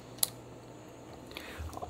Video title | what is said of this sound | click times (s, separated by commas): Pentax LX Video 2: Battery, Film, Viewfinder, Focusing Screen, Lenses, and Double Exposures | line those two up turn it about a quarter turn until it clicks into place | 0.2 s